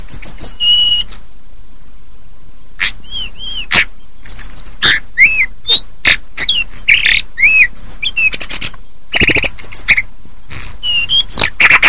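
Hill blue flycatcher singing arched whistles and trilled chips after an early pause, growing denser with rapid clicking rattles and varied high notes toward the end.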